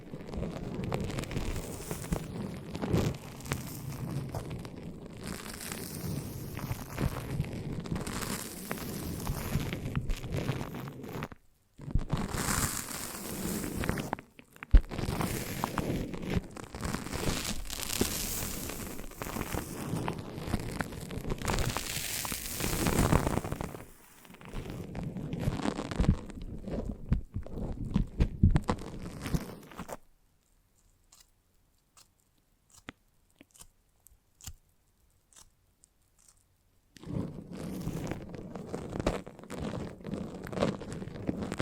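Foamy, sticky massage sounds crackle and squish densely in bursts, with brief pauses near 12 seconds and a longer hush from 30 to 37.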